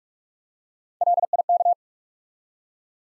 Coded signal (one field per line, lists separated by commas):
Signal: Morse code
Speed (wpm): 44 wpm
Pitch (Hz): 700 Hz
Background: none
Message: LIK